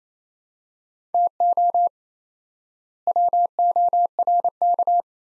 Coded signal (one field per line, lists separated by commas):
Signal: Morse code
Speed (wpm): 27 wpm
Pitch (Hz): 700 Hz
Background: none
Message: TO WORK